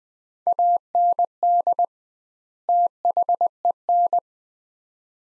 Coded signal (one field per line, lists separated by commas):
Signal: Morse code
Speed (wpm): 20 wpm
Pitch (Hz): 700 Hz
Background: none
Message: AND THEN